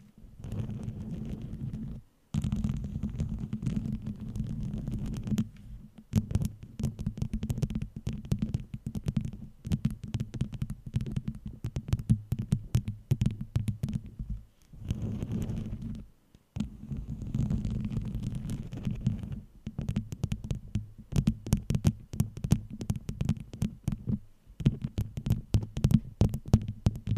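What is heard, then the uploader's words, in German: Tapping on a wooden ball guard, a fast, dense run of short knocks with a deep, thudding body. The tapping comes in bursts separated by brief pauses near 2, 6, 15 and 24 seconds, with a steady low hum underneath and dry attacks throughout. Tapping auf dem Holzkugelschutz.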